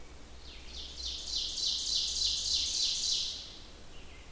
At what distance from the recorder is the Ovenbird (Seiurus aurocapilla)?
about 40 m